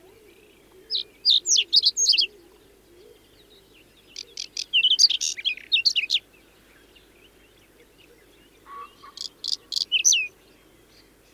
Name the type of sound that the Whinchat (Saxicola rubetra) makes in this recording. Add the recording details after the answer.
song. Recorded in the wild. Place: Lütow, Insel Usedom, Mecklenburg-Vorpommern, DE. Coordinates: 54.032, 13.888. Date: 1975-06-15 04:20. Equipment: Nagra III BH, Sennheiser MD 21, parabola. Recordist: Schubert, Michael